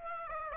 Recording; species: mosquito wingbeat signal from an infrared sensor; Aedes aegypti